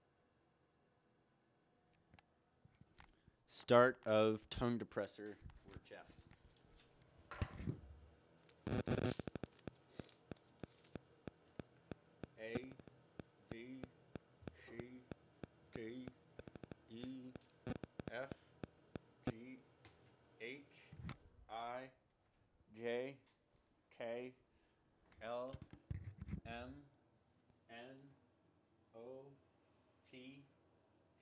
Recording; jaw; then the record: letters of the alphabet, spoken; constrained by a bite bar between the teeth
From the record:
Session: first day, right after the free take